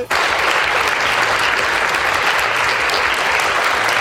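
A burst of applause starts abruptly and holds steady, a dense wash of many hands clapping at full, even loudness throughout, with no voices standing out.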